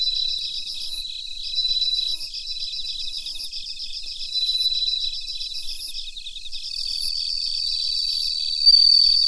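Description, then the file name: Bell cricket song, quick high pulsed chirps in steady rows, then a long continuous tone, mixed with several other crickets chirping and trilling. Recorded together with Mitsukado cricket. "Suzumushi Mitsukado"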